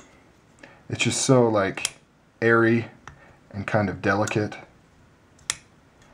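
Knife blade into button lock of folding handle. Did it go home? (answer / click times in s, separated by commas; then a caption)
yes / 5.5 s. A titanium-handled folding knife is flipped open, and its steel blade locks up on the button lock of the folding handle. Someone talks, then a single sharp click is heard at 5.5 seconds as the blade locks open and seats in place.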